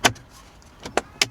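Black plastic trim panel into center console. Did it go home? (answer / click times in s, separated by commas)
yes / 1.0 s, 1.2 s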